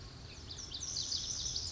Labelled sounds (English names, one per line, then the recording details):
Lazuli Bunting
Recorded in Sonoma County, California